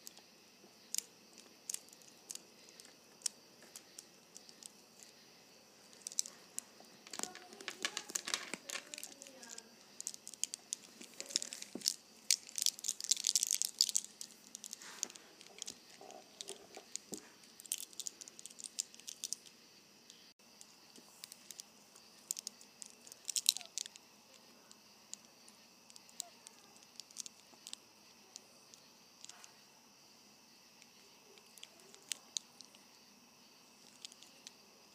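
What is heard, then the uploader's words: A bracelet is fiddled with, its beads clicking and jingling in bursts, busiest around the middle. Playing with my Bracelet.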